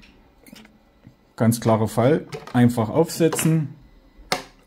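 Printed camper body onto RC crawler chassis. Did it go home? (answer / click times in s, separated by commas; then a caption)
yes / 4.3 s. Someone talks while a 3D-printed Unimog camper body with a reworked cab, printed on an Artillery 3D printer, is set onto a TRX4M RC crawler chassis. A single sharp snap is heard at 4.3 s as the body clips into place on the chassis. The body is seated and holds firmly.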